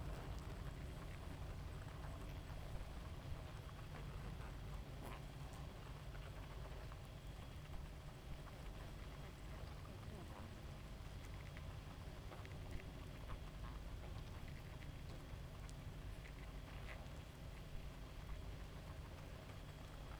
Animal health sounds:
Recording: honeybee colony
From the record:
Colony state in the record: active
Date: 28 July 2017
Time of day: 0:13

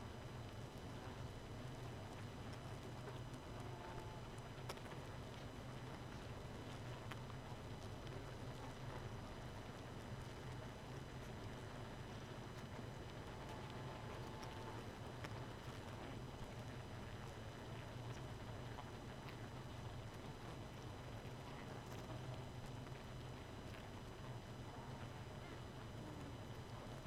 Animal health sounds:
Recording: honeybee colony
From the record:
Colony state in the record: missing queen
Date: 31 May 2018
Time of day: 2:14

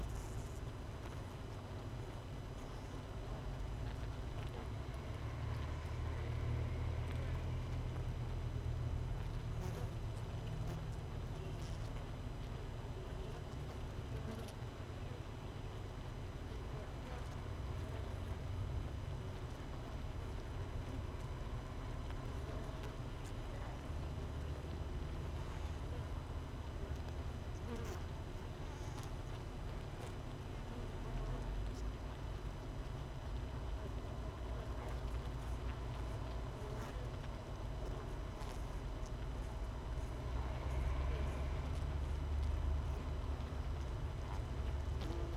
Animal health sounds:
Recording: honeybee colony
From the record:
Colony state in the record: missing queen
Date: 31 May 2018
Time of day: 6:20

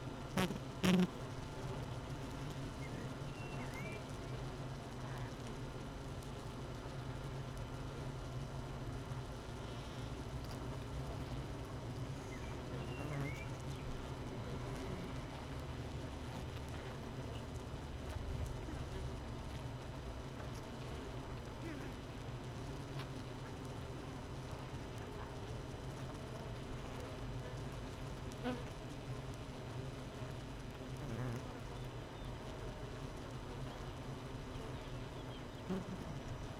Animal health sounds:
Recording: honeybee colony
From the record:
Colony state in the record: missing queen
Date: 31 May 2018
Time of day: 7:34

